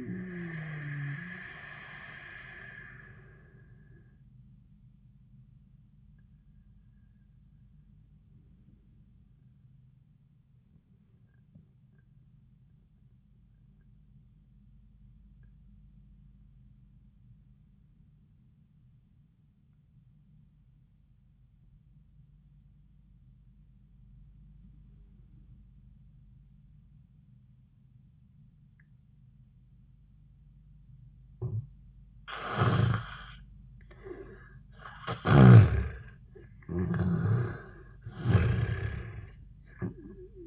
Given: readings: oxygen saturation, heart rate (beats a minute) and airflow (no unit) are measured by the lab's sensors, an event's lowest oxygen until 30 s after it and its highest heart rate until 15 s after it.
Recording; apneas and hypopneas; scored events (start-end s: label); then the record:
breathing in sleep by a smartphone at the bedside; 1
5.00-35.30 s: obstructive apnea (N1, oxygen 97% highest, then 77% lowest, heart rate 71 at the start, 87 highest)
From the record:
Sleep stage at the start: N1 (lightest sleep); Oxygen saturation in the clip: 74 to 97%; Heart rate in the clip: 66 to 87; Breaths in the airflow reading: 3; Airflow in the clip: -10.8 to 9.6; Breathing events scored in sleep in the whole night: 400 in 8.7 hours asleep